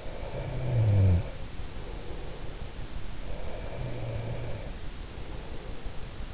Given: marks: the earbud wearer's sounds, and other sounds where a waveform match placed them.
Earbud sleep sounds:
sounds in sleep by an in-ear microphone; snoring breath, breath
0.00-2.33 s: snoring breath
3.36-6.27 s: breath

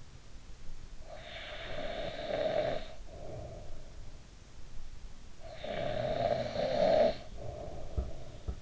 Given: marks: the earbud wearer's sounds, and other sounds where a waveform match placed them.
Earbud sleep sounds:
sounds in sleep by an in-ear microphone; snoring breath
0.07-4.36 s: snoring breath
5.04-8.62 s: snoring breath

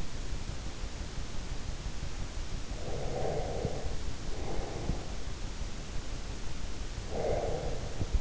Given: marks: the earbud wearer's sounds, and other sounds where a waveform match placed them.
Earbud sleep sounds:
sounds in sleep by an in-ear microphone; breath
2.64-5.39 s: breath
6.87-8.21 s: breath

